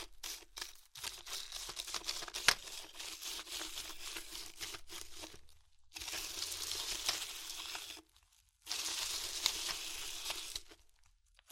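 Crunchy chips are crushed in three bursts of dense, bright crackling, separated by brief silences near six and eight seconds, with a sharp snap early on.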